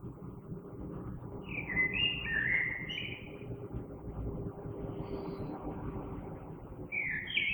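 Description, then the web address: Common blackbird song: a short warbled phrase midway and another brief note at the end, set against steady low traffic-like noise. Recorded on 3 March 2020. "oiseaux Merle 2020 03 03"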